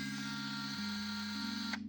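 With its power off and the film leader laid in place, the back lid of a Pentax Espio 928 compact film camera is being brought down onto the camera body. A steady tonal hum with layered pitches runs throughout, shifting lower at about 0.8 s, with a faint brief rustle near 1.7 s. The lid has not latched yet, and nothing has seated or clicked.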